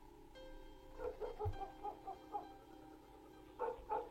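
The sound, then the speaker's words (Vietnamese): A dog barks off in the distance in short, uneven bursts, a string of muffled yaps with brief pauses between them, then two louder barks near the end. “Có tiếng chó cắn ma nhấm nha nhấm nhẳng ở đâu đó vang lên.”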